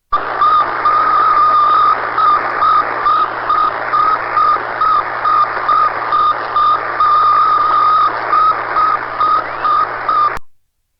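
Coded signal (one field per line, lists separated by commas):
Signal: radiosonde or satellite telemetry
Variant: Sputnik 1 beacon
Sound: repeating high beeping tone with brief regular breaks, buried in loud hiss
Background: radio static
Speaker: so here are the beeps heard around the world that changed civilization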